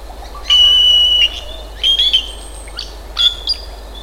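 Giant cowbird call: thin, high, pure whistled notes, first one long steady whistle, then two shorter whistles.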